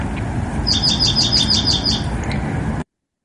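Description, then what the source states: Dark-eyed Junco singing one rapid, high trill of several evenly spaced notes against a constant low rumble, before the sound cuts off. Midday song, played as an example of a trilled song; about eight trills per phrase.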